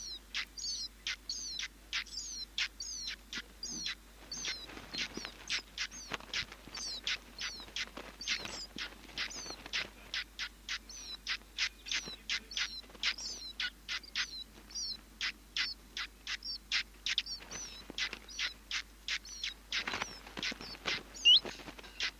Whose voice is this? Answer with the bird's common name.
Willow Warbler